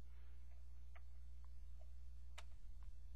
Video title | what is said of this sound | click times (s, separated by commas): Dell Inspiron N4010 Ram Removal and Upgrade | push down you hear it click in | 1.0 s, 2.4 s